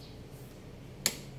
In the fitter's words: Ayun na-click na guys.